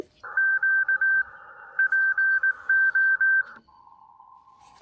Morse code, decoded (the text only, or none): QPO